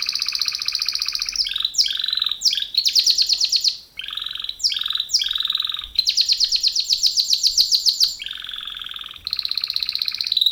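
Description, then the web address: Canary song of quick sweeping chirps and short rolls in varied bursts, then a long rapid trill and lower buzzy tours. "kenar businka canto kenar"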